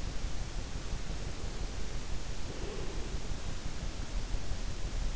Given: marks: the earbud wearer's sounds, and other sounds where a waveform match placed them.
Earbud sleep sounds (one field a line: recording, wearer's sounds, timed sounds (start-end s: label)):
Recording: sounds in sleep by an in-ear microphone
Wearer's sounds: breath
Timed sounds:
0.88-3.45 s: breath